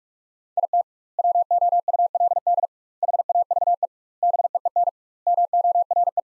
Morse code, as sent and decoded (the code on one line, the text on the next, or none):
.. - / .-- --- ..- .-.. -.. / .... .- ...- . / -... . . -. / -- --- .-. .
IT WOULD HAVE BEEN MORE